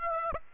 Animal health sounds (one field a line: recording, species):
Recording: mosquito wingbeat signal from an infrared sensor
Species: Aedes aegypti